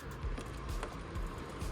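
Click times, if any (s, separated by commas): none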